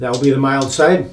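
The adjustable head plate of an Apollo safety razor is being handled with the handle removed, flipped from the large-circle aggressive setting to the small-circle mild setting, which is meant to lock into place on the razor head. Someone talks throughout the clip. Nothing has seated or clicked yet.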